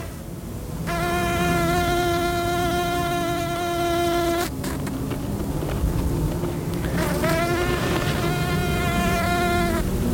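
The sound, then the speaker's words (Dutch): Shrill, high buzzing of a fast insect darting from flower to flower in the dunes of Zandvoort comes in two bouts: a steady drone for a few seconds, a short pause, then a wavering whine that rises and dips over a constant background hiss. “Later vandaag is dit snerpende geluidje met een beetje geluk te horen in de duinen van Zandvoort.”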